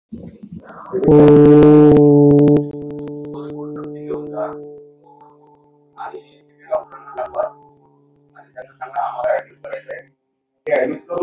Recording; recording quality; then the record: sustained vowel as in boot; moderate, slight background noise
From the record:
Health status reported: exposed to COVID-19, no respiratory illness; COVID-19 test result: not tested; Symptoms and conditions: none ticked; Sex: male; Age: 32 years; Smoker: not ticked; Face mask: not worn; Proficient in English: yes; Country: India